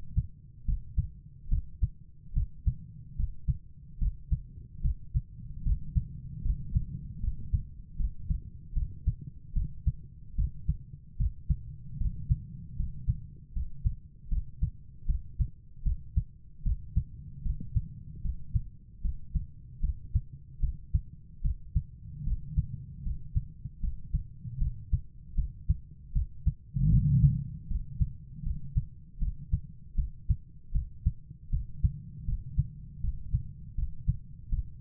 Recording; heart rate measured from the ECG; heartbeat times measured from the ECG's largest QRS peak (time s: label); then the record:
heart sounds by stethoscope; 76 bpm
0.65 s: heartbeat
1.49 s: heartbeat
2.33 s: heartbeat
3.16 s: heartbeat
3.98 s: heartbeat
4.81 s: heartbeat
5.63 s: heartbeat
6.42 s: heartbeat
7.20 s: heartbeat
7.96 s: heartbeat
8.73 s: heartbeat
9.53 s: heartbeat
10.35 s: heartbeat
11.16 s: heartbeat
11.97 s: heartbeat
12.76 s: heartbeat
13.52 s: heartbeat
14.28 s: heartbeat
15.05 s: heartbeat
15.82 s: heartbeat
16.62 s: heartbeat
17.42 s: heartbeat
18.21 s: heartbeat
19.01 s: heartbeat
19.80 s: heartbeat
20.59 s: heartbeat
21.41 s: heartbeat
22.23 s: heartbeat
23.03 s: heartbeat
23.80 s: heartbeat
24.58 s: heartbeat
25.34 s: heartbeat
26.12 s: heartbeat
26.89 s: heartbeat
27.67 s: heartbeat
28.43 s: heartbeat
29.18 s: heartbeat
29.95 s: heartbeat
30.71 s: heartbeat
31.49 s: heartbeat
32.25 s: heartbeat
33.00 s: heartbeat
33.75 s: heartbeat
34.49 s: heartbeat
From the record:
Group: healthy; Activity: cold pressor test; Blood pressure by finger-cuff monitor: 125/88 mmHg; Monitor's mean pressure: 101 mmHg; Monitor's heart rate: 77 bpm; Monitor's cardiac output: 5.8 L/min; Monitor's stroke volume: 76 mL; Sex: female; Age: 32 years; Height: 172 cm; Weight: 71.7 kg